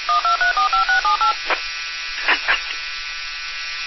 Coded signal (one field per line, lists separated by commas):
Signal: DTMF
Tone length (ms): 120 ms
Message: 12345678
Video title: W4THM Amature Radio Miami - 444.325Mhz April 29,2020 13 41 09 mp3 16:02:00 2:59 hrs mp3